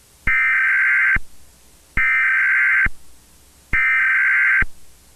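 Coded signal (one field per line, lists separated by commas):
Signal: Emergency Alert System (SAME) tones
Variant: header bursts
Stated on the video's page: Fictional EAS scenario about a cursed moon.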